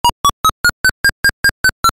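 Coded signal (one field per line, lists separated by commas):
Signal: none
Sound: demo music beeps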